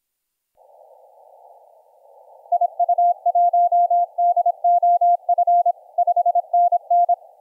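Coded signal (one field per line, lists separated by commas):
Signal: Morse code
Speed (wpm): 26 wpm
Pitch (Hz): 700 Hz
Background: none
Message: IU1DOF 5NN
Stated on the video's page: 15m CW DX contact.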